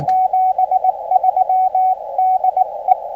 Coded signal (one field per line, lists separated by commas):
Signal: Morse code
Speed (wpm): 22 wpm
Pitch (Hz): 750 Hz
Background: radio noise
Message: 73 DE